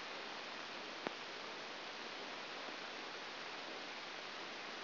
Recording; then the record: brain microelectrode recording played as sound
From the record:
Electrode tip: outside the subthalamic nucleus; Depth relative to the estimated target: -6 mm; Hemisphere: right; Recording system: AlphaMap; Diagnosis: Parkinson's disease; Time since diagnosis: 7 years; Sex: female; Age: 49 years